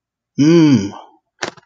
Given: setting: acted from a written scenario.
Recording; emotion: vocal sound without words; realization